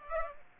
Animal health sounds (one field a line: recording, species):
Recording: mosquito wingbeat signal from an infrared sensor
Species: Aedes aegypti